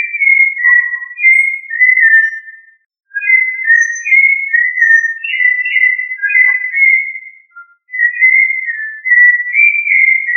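Thrush song with long runs of clear, fluty whistled notes, varied and warbling, continuing almost without pause apart from two short gaps.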